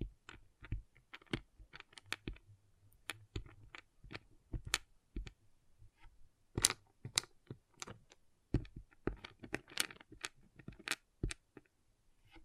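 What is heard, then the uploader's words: Plastic pixel art beads clatter and click in quick, irregular bursts, sharp bright taps scattered densely throughout with a faint low hum beneath. ASMR Relaxing Pixel Art Beads ( No Talking).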